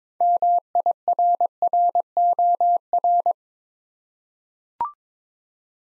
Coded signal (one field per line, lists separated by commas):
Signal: Morse code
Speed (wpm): 22 wpm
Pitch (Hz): 700 Hz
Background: none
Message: MIRROR